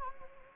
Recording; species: mosquito wingbeat signal from an infrared sensor; Anopheles arabiensis